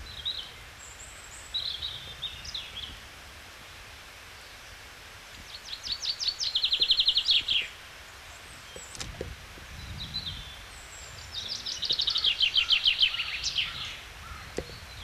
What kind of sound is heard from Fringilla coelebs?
song